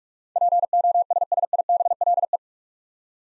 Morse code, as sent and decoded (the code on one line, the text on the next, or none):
.--. --- ... ... .. -... .-.. .
POSSIBLE